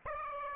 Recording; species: mosquito wingbeat signal from an infrared sensor; Aedes aegypti